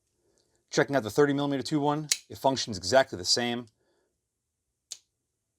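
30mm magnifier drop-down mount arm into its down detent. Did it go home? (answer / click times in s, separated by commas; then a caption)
yes / 4.9 s. Someone talks about the 30 mm tube version of a UNITY magnifier mount, then falls silent before a single sharp click at 4.9 s. The drop-down mount arm is lowered and its detent clicks it seated in the down position.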